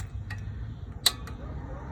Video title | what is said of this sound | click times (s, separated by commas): How to change brakes, easy fix, mechanic. How to change brakes in 10 minutes, front brakes | Make sure they snap into place. | 1.1 s